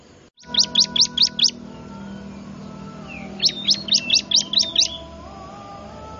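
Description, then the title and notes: Bar-winged prinia calls in two bursts of quick, sharp, high descending chirps, five then seven notes, separated by a pause with faint steady hum. Lure call used to attract wild birds; local name ciblek. "Suara Pikat Burcil Ribut Paling Ampuh Ngabisin Burung Liar Ini. ciblek"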